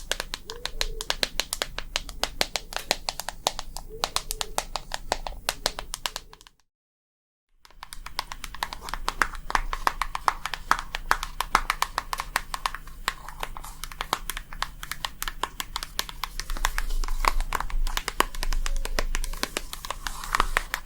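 Relaxing tapping: quick, crisp taps fall in a dense, fairly even stream, bright and clicky with a soft low hum beneath. Around the seven-second mark the sound cuts out completely for about a second, then the tapping resumes and grows slightly louder toward the end.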